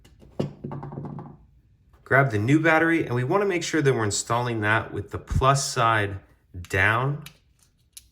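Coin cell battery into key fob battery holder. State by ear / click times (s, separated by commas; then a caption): seated / 8.0 s. A new CR2032 coin cell is pressed plus side down into the plastic battery holder in the back half of an Infiniti QX50 (2020–2023) remote key fob shell. Someone talks over a few faint handling taps near the start. The battery snaps into place with a sharp click at 8.0 s.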